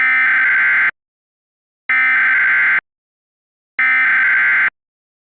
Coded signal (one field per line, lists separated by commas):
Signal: Emergency Alert System (SAME) tones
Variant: header bursts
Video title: EAS Scenario 7: Mario 85